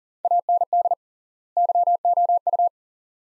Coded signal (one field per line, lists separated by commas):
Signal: Morse code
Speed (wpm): 38 wpm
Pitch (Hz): 700 Hz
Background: none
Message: AND YOU